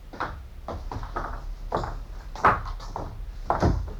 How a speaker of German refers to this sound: Wir klopften an die Tür, doch es kam keine Antwort.